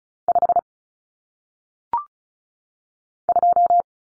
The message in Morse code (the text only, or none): 5 2